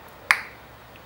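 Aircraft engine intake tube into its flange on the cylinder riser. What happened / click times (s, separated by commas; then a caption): The metal tube snapped down square into its seat / 0.3 s. A screwdriver is levered and twisted between the flange and the cylinder riser of a Lycoming aircraft engine to work the intake tube down into its flange. At 0.3 s there is one sharp pop with a short decay as the top of the tube snaps down square into the recess in the flange, seating it.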